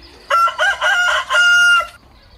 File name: tieng ga trong gay